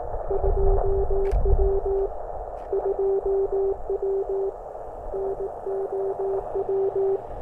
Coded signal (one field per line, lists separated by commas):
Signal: Morse code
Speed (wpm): 19 wpm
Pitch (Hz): 390 Hz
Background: none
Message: 2W 2W NOW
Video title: Building a Delta Loop Antenna For The 30m Band, Part 1.